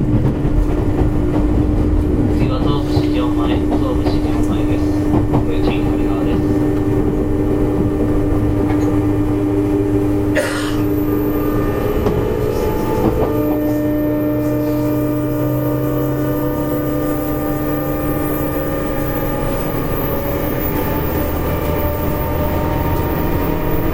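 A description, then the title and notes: A JR West 201 series local train on the Yamatoji line runs steadily, with a constant low rumble and a sustained whining motor tone that shifts slightly in pitch. Around ten seconds a brief sharp burst cuts through, then faint voices and rattling continue beneath the drone. JR西日本 201系 大和路線 久宝寺からJR難波まで. JR西日本２０１系電車の走行音です。 大和路線の普通電車で録音しました。 It is the running sound of JR West 201 train. I recorded on the Yamatoji line's local train. The section is from Kyuhoji to JR Nammba.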